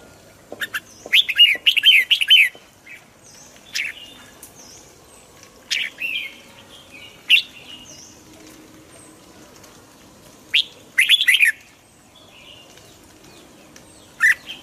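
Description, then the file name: Red-whiskered bulbul song: scattered bursts of bright, chattering warbled phrases with single sharp notes between them, over a quiet background. Hue strain red-whiskered bulbul singing in the double-voice style (giọng kép). "Tieng chao mao hue hot giong kep"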